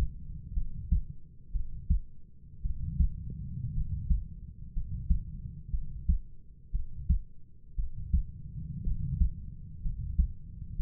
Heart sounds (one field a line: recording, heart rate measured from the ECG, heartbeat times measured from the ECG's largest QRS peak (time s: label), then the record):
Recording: heart sounds by stethoscope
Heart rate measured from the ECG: 59 bpm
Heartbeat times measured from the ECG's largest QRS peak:
0.54 s: heartbeat
1.52 s: heartbeat
2.62 s: heartbeat
3.74 s: heartbeat
4.73 s: heartbeat
5.71 s: heartbeat
6.72 s: heartbeat
7.76 s: heartbeat
8.84 s: heartbeat
9.82 s: heartbeat
10.76 s: heartbeat
From the record:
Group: healthy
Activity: rest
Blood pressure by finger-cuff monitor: 106/54 mmHg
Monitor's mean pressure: 68 mmHg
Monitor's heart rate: 61 bpm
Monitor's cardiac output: 5.3 L/min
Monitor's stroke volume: 86 mL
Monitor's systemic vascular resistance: 870 dyn s/cm5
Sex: male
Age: 25 years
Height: 170 cm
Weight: 70.4 kg